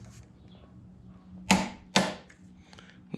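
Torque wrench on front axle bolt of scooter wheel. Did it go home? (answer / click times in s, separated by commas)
yes / 1.5 s, 2.0 s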